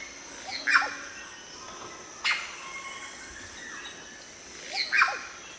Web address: Natures Songs S America Eastern Lowlands. Cacicus haemorrhous, calls and songs group